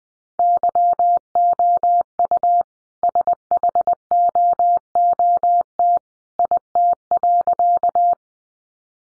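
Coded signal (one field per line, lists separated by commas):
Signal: Morse code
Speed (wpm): 20 wpm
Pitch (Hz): 700 Hz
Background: none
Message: YOU SHOOT IT.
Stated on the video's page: Morse practice sentences at 20 wpm for head-copy, each sentence sent before and after being spoken.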